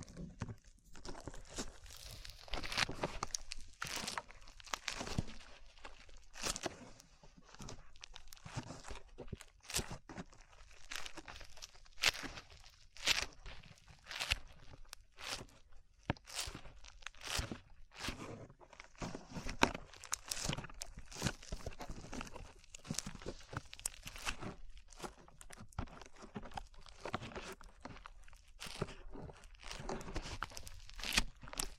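Sticky slime is squished and pulled in a dense, irregular stream of wet crackles and pops, sharp bright snaps scattered throughout without pause.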